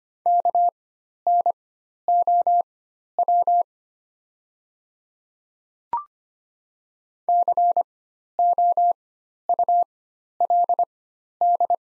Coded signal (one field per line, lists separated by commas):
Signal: Morse code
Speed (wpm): 25 wpm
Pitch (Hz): 700 Hz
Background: none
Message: KNOW COULD